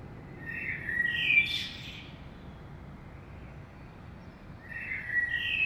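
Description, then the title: Common blackbird song: low fluted warbled phrase near the start ending in a high squeaky flourish, then a second mellow phrase after a pause, over steady background hiss. Saint-Gilles, Belgium; early morning; recorded with DPA 2006c microphones in AB stereo into a Zoom F3. "Saint-Gilles, Belgique - Blackbird - Merle"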